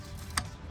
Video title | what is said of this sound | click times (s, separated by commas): Elantra N gets Tuned by SXTH ELEMENT!! | hear that click. These are secure. | 0.4 s